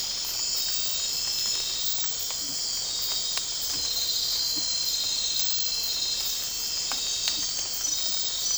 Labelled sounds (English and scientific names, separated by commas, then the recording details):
none
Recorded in dense forest near Puerto Asís, Putumayo, Colombia, on 8 March 2025 at 01:00
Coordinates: 0.467, -76.328
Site G041